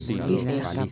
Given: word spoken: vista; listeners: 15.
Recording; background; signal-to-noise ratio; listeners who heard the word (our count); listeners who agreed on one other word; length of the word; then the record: one Spanish word in noise, from a listening test; four-talker babble; -2.2 dB; 0 of 15; 11 of 15; 0.52 s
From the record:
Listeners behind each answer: 11, 2, 1, 1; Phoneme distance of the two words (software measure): 10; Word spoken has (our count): 2 syllables, 5 phonemes, stress on syllable 1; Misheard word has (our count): 2 syllables, 5 phonemes, stress on syllable 1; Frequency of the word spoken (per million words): 202.88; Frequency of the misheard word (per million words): 37.91